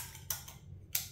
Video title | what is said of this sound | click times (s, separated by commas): Introduction To Pistol Suppressors!! | so you hear that click | 0.3 s, 1.0 s